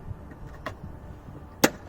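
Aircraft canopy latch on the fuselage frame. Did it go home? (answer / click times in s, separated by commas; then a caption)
released / 0.7 s, 1.6 s. A locked aircraft canopy latch on the fuselage frame is released from outside by reaching into the holes behind the latches. A faint click at 0.7 s is followed by a sharper, louder click at 1.6 s. The latch releases and the canopy opens.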